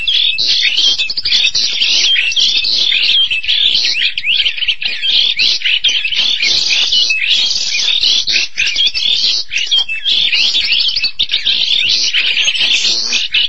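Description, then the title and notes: Starling giving an energetic, continuous medley of chirps, rattles and whistles, varied and dense from start to finish. "details Jalak. suara burung jalak"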